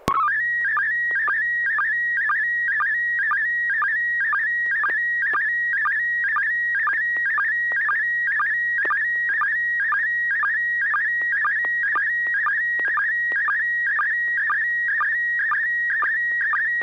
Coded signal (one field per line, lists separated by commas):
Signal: SSTV (slow-scan television)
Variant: PD 120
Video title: N6NA SSTV Net - 05/26/2021